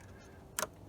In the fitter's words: here so once you push it in you can hear the click